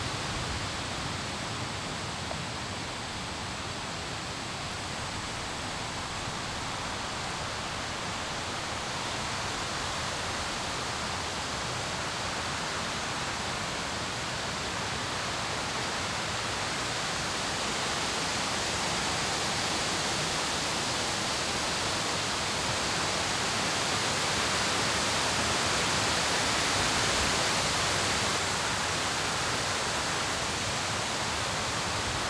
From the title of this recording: The Bottom of the Waterfalls